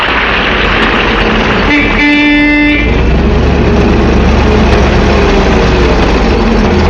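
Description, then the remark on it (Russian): A large garbage truck's engine rumbles steadily with a broad, continuous roar as it approaches with headlights on and stops, broken early on by a single short, tonal horn blast lasting about a second. “Свет фар большой машины ослепил его.”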